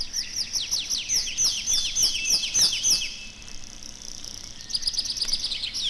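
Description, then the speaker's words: Tree Pipit singing a loud, rapid series of sharp descending notes, then a brief pause and a quicker, higher run of notes. Sung over forest edges and overgrown clearings; twittering part begun perched in a tree and continued while flying up, second part sung while gliding down to a neighbouring treetop. "Песня лесного конька слышна над лесными опушками и зарастающими сечами."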